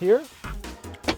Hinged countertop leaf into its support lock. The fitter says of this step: This is a hinged counter top, which swings up and locks into place here,